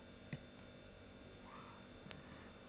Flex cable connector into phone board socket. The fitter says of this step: can feel that click sound I don't know if you can hear it or not from here